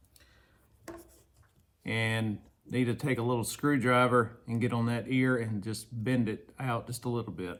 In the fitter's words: snaps into place